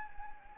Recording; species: mosquito wingbeat signal from an infrared sensor; Anopheles arabiensis